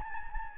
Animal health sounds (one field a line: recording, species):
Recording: mosquito wingbeat signal from an infrared sensor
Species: Anopheles gambiae